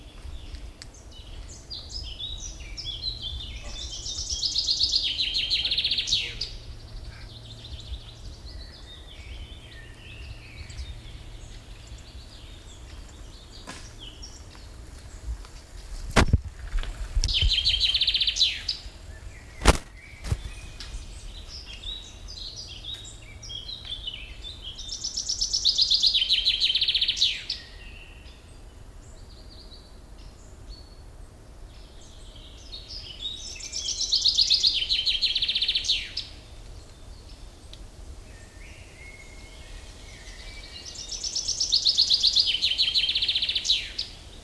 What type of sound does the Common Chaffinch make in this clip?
song